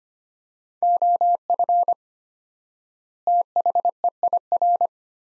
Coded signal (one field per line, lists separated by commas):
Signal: Morse code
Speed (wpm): 25 wpm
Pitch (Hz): 700 Hz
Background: none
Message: OF THEIR